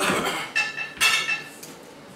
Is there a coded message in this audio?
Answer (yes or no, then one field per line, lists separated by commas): no